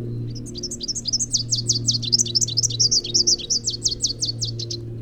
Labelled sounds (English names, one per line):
Rufous-capped Warbler song